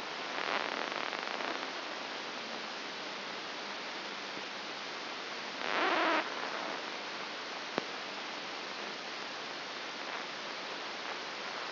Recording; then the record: brain microelectrode recording played as sound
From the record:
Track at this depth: outside the subthalamic nucleus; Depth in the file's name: 6.501 mm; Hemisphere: left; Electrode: 2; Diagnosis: Parkinson's disease